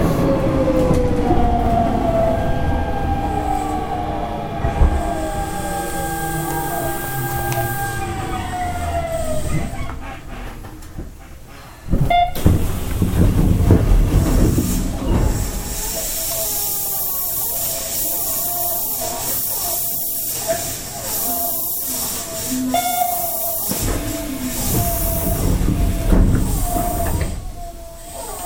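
A Hanshin Electric Railway 5500 series train runs along, its motor whine sliding downward in pitch over the first ten seconds. After a brief dip near twelve seconds, a steady loud rumble with a high hiss returns, broken by regular rhythmic clatters of wheels over rail joints.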